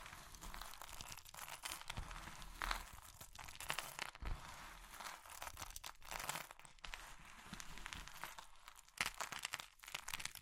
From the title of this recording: Crushing Triggers Soap, Chalk, Meringue, Pastel